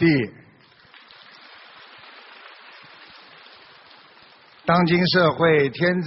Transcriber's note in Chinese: 掌声